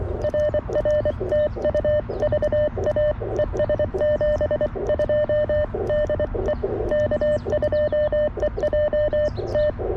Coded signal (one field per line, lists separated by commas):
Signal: Morse code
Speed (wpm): 23 wpm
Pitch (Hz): 590 Hz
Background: none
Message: RR TU VA ES 72 DE K2EJT